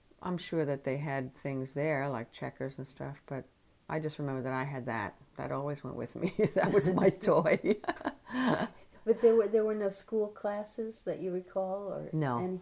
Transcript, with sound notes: I'm sure that they had things there, like checkers and stuff. But I just remember that I had that. That always went with me. [laughs] That was my toy.
But there — there were no school classes that you recall or anything?